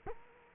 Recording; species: mosquito wingbeat signal from an infrared sensor; Culex quinquefasciatus